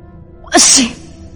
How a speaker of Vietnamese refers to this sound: Triển Chiêu đột nhiên hắt xì. Bạch Phúc đến gần hỏi: Triển đại nhân, bị lạnh sao?